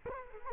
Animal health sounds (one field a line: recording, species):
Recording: mosquito wingbeat signal from an infrared sensor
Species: Culex quinquefasciatus